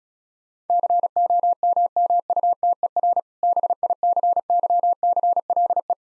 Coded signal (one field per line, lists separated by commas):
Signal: Morse code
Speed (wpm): 36 wpm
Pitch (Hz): 700 Hz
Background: none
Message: COMMUTER BICYCLE